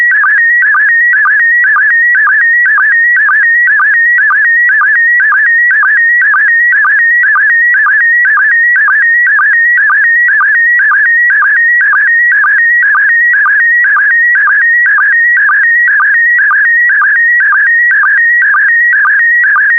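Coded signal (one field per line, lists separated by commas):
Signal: SSTV (slow-scan television)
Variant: PD120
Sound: warbling, chirping tone with a steady rhythmic click about twice per second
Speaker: that concludes the daily transmission of slow scan tv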